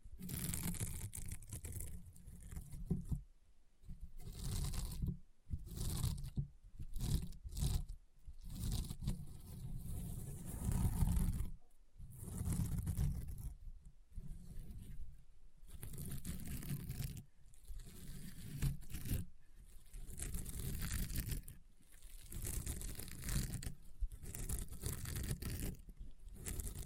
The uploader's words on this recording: ASMR EXTREME CRUNCHY AND POPPING SOUNDS Rainbow Honeycomb Slime (No Talking).